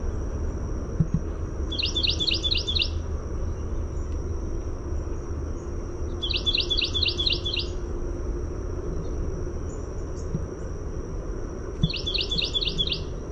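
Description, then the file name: Carolina wren singing quick strings of repeated two-part notes in three separate bouts, with a constant shrill insect drone and low rumbling noise behind. "CARW song"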